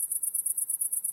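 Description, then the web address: Cricket chirping, a shrill high trill broken into rapid even pulses. Crickets, recorded in wide stereo. "lynne-publishing Crickets Wide Stereo"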